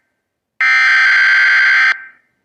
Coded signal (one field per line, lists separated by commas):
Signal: Emergency Alert System (SAME) tones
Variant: header bursts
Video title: Preformers From Outer Space (Alternate Dimension) | Mini EAS Scenario